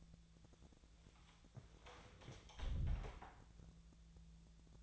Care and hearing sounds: daily activity, microphone in the room; close door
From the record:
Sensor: 3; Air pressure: 1000.4 hPa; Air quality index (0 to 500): 178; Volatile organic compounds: 4 ppm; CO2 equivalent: 1549 ppm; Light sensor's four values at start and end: 14/33/14/14 and 13/32/14/14

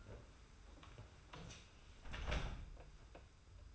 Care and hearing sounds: daily activity, microphone in the room; close door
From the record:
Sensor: 2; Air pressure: 991.4 hPa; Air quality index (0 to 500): 150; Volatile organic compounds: 437 ppm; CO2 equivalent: 4730 ppm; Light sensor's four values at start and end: 31/93/36/34 and 31/93/36/34

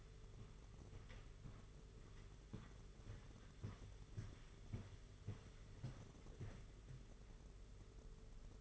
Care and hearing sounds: daily activity, microphone in the room; walk to room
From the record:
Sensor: 4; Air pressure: 991.9 hPa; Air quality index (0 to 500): 83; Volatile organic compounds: 6 ppm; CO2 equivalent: 1881 ppm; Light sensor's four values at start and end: 22/75/27/29 and 21/75/27/29

